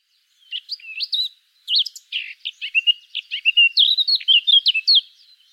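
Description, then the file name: Eurasian blackcap song: quiet twittering that swells into a loud, fluty, rollicking warble of repeated swooping notes. "Sylvia atricapilla"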